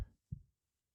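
One low, muffled lub-dub from an adult heart, heard with the ear pressed against the chest: a strong first thump, then a softer second thump about a third of a second later, then quiet. It is a single heart cycle with no extra sounds between the beats.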